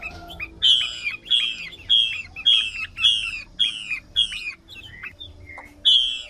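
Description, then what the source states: Chinese hwamei song, with one rich downslurred whistle repeated about every two-thirds of a second, a brief pause, then the whistle returning. Female hwamei singing.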